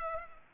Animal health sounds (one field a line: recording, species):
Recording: mosquito wingbeat signal from an infrared sensor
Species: Culex pipiens